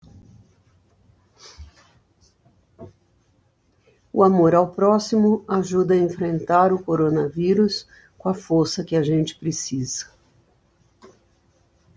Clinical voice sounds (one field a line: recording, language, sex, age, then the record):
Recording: spoken sentence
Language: Brazilian Portuguese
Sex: female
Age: 70 to 79 years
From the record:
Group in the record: control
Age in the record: 71 years